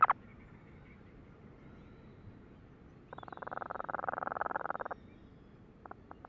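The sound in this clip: Cape Verde storm petrel producing one sustained purring churr of about two seconds, followed by a few short clicks near the end.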